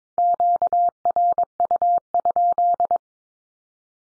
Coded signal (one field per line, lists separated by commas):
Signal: Morse code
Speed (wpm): 22 wpm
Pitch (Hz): 700 Hz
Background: none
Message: QRU?